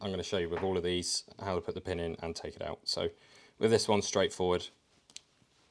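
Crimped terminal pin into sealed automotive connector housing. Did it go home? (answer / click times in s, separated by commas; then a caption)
yes / 5.1 s, 5.2 s. Someone talks, then after a pause a crimped terminal pin is pushed into a sealed plastic automotive SuperSeal connector housing, its knuckle passing over the locking tab. Two short, sharp clicks sound at 5.1 and 5.2 seconds as the pin seats in the housing.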